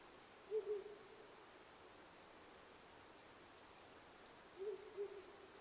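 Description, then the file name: Owl calling faintly: a pair of low hoots near the start, another pair around five seconds in, steady hiss between. Recorded 9 May 2009 at 19:10. "fukurou-20090509-1910"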